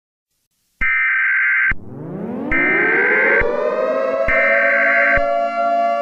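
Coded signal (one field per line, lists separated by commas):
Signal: Emergency Alert System (SAME) tones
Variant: header bursts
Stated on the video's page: Fictional EAS scenario.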